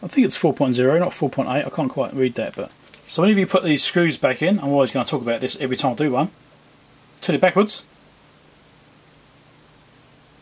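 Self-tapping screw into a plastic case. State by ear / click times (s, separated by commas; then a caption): not seated / none. A self-tapping screw is being refitted into a plastic case and turned backwards to find the existing thread. Someone talks through most of the clip, with a short burst of speech around 7.2–7.8 seconds, then only a low, steady background hum remains. Nothing has clicked or seated yet.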